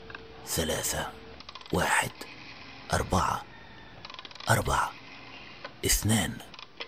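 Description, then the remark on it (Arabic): A rotary telephone dial is turned by finger to dial a phone number, whirring back five times in succession, each return a short burst of mechanical ratcheting clicks separated by brief pauses, with the receiver held between ear and shoulder. “مددت إصبعي إلى قرص الهاتف وضغطت على السماعة ما بين أذني وكتفي لأتمكن من تقليب دفتر الأرقام الصغير.”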